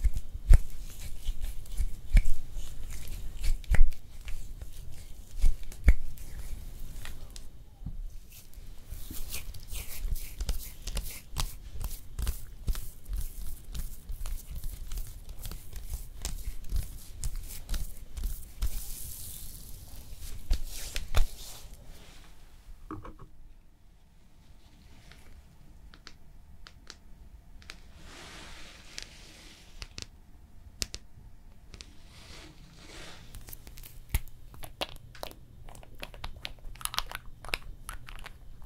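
Hand massage and nail care sounds: dense crinkly rubbing and sharp little crackles, busy and fairly loud for the first twenty seconds or so. After that it turns much quieter, with sparse taps and scratches over a faint low hum near the end.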